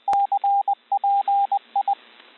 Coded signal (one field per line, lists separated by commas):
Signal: Morse code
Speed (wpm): 20 wpm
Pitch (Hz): 800 Hz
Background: radio noise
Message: CPI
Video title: Practice Morse code CW recognition